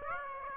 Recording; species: mosquito wingbeat signal from an infrared sensor; Aedes aegypti